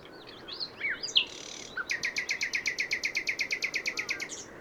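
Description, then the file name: Common nightingale song with a few varied notes, then a long, fast, even series of many identical sharp notes. "Luscinia megarhynchos"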